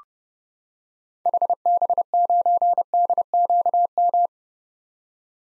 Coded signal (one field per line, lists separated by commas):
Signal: Morse code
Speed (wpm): 30 wpm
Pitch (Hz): 700 Hz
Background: none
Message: HB9DQM